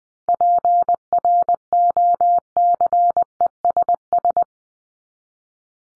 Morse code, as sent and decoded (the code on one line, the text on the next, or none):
.--. .-. --- -.-. . ... ...
PROCESS